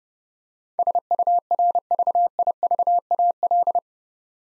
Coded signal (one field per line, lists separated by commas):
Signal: Morse code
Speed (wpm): 30 wpm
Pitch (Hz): 700 Hz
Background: none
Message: SURVIVAL